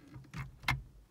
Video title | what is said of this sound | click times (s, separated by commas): replace turn signal switch g body cutlass | click right in there let's go | 0.7 s